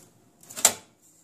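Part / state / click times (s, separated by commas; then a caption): hard drive cage into desktop computer case / seated / 0.7 s. A hard drive cage is dropped down and slid into an HP 6130 desktop computer chassis, with a short scraping slide building from about 0.4 seconds. It latches with a sharp click at 0.7 seconds, then the sound fades to quiet. The cage is seated.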